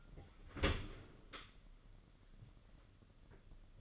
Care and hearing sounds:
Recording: daily activity, microphone in the room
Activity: open dishwasher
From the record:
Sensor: 4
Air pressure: 995.2 hPa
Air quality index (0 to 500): 213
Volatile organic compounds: 242 ppm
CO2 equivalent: 4340 ppm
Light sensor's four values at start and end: 37/116/44/49 and 37/114/43/48

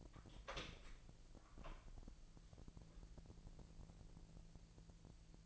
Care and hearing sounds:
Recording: daily activity, microphone in the room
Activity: open door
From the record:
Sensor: 5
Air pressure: 1001.4 hPa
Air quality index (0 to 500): 248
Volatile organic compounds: 35 ppm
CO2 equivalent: 3060 ppm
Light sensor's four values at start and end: 37/86/34/33 and 37/86/34/33

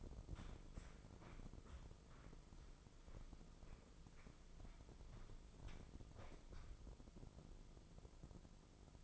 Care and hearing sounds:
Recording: daily activity, microphone in the room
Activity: walk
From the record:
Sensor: 5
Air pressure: 996.0 hPa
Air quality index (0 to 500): 249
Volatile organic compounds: 543 ppm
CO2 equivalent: 4874 ppm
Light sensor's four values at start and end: 203/486/207/227 and 203/485/206/227

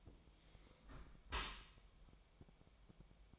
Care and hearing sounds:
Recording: daily activity, microphone in the room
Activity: close dishwasher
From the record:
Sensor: 1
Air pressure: 1006.7 hPa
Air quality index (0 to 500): 210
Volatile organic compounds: 25 ppm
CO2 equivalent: 2834 ppm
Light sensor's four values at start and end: 12/32/13/14 and 13/33/13/14

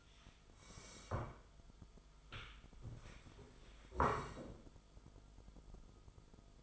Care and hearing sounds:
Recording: daily activity, microphone in the room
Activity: sit down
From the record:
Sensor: 5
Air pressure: 1005.4 hPa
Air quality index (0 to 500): 104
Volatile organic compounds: 2 ppm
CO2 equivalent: 1274 ppm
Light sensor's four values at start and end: 34/78/31/30 and 34/78/31/30

